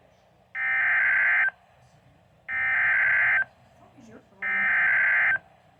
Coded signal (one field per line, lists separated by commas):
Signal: Emergency Alert System (SAME) tones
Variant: header bursts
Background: speech